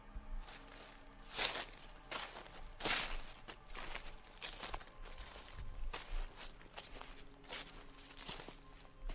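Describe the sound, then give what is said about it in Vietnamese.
A person's footsteps swish and crunch through tall elephant grass at dusk in an irregular rhythm, with sharp bursts of rustling as stems brush and snap, and no voices. “Lại có tiếng bước chân sột soạt ở trong bụi cỏ bên kia.”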